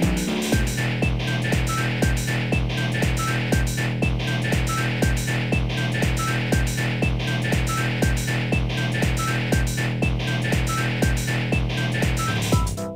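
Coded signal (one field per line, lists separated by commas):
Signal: none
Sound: beeps in a music track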